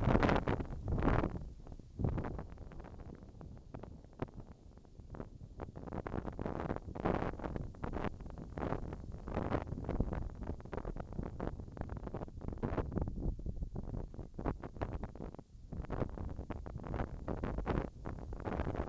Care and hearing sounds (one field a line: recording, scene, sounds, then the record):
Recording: everyday scene through a hearing-aid microphone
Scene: wind on the microphone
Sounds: wind, whistling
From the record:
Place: in front of a rural house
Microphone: in the ear canal, left